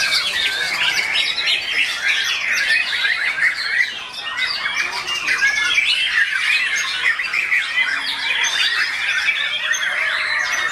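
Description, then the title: Oriental magpie-robin in sustained song, quick varied whistles, chirps and rough notes tumbling together, dipping briefly in loudness about four seconds in before resuming. "Kicau Kacer"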